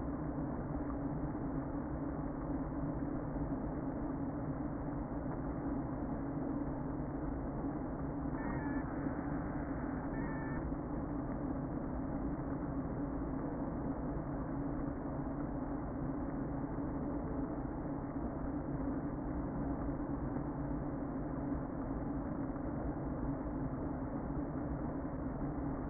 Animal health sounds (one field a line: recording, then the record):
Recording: honeybee colony, microphone inside the hive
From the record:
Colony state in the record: queen present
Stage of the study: before two queens were removed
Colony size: about 60,000 bees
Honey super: yes